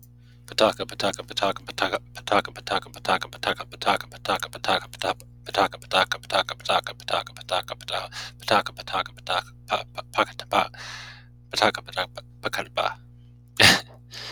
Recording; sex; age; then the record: repeated syllables /pa ta ka/; male; 30 to 39 years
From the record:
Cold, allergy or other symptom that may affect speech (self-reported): no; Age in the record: 36 years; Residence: Alaska, United States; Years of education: 15